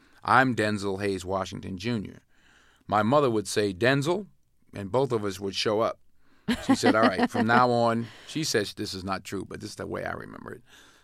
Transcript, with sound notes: I'm Denzel Hayes Washington, Jr. My mother would say Denzel and both of us would show up.
(LAUGHTER)
She said all right, from now on - she said this is not true but this is the way I remember it